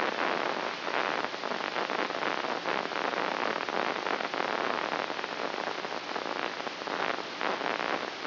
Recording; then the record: brain microelectrode recording played as sound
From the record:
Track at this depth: inside the subthalamic nucleus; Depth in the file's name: 1.727 mm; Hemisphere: right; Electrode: 3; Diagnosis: Parkinson's disease